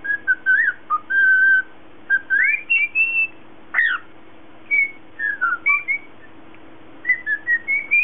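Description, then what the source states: Cockatiel giving varied whistles: flat held notes, quick upward swoops and one sharp falling sweep, in bursts with gaps, over a faint constant low hum. Lutino colour variety cockatiel.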